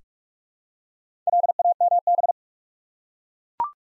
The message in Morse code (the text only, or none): LAMB